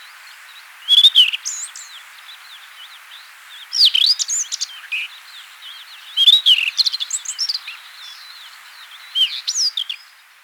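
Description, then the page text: Rufous-tailed Scrub Robin song, four bursts of rich whistled and chattering notes, spaced a few seconds apart. "Rufous-Tailed Scrub Robin Song. Quick Sounds"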